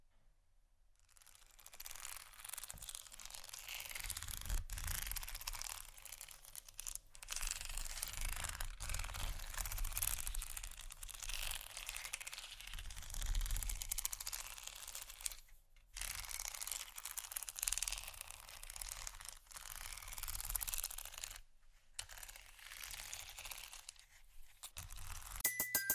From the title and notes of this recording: ASMR Scratching Bumpy Items No Talking Rode Mics.